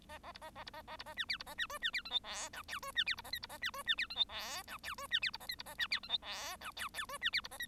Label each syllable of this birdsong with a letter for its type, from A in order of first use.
A A B A A B A A B A C D B A C E C D F G H I J E C D B A K B A C E C D F G H I J E C D B A K B A C D F G H I J J E C D B A K